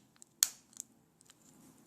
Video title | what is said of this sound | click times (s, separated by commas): 2014 Toyota Prius FOB Battery Replacement | and it will snap right in. | 0.4 s